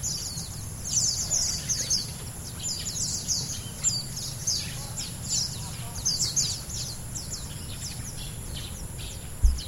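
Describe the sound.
Lowland white-eye calls, a busy chatter of short high-pitched descending notes in bursts, over a low background rumble, with a soft thud at the end.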